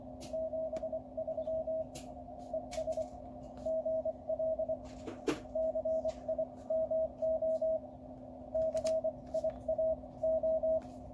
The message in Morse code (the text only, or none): 73 ES GL CIMO CIAO